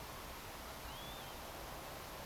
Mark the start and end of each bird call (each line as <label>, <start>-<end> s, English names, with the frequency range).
Northern Lapwing (2.6-3.8 kHz), 0.87-1.35 s